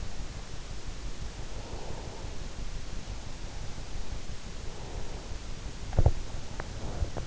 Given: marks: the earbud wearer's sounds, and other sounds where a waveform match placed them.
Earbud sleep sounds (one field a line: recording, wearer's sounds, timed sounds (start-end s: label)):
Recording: sounds in sleep by an in-ear microphone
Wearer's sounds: breath, swallowing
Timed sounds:
1.37-2.44 s: breath
4.58-5.45 s: breath
5.81-6.31 s: swallowing
6.69-7.27 s: breath